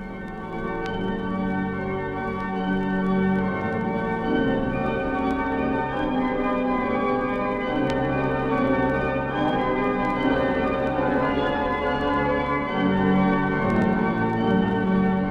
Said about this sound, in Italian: Suonano le campane e nell'interno dei templi risponde l'organo, che scandisce con i suoi suoni gravi e maestosi i palpiti della speranza e dell'amore del popolo.